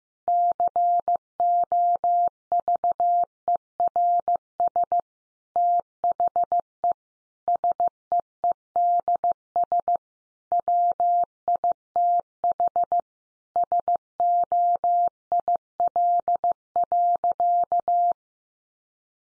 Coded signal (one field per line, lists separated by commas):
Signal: Morse code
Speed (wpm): 15 wpm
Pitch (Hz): 700 Hz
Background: none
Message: COVERS THE SEEDS WITH SOIL.